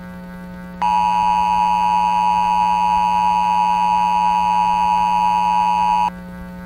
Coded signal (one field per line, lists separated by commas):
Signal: Emergency Alert System (SAME) tones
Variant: 853 and 960 Hz attention tone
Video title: EAS Scenario - Emergency Alert Transmission Anomaly [FICTION]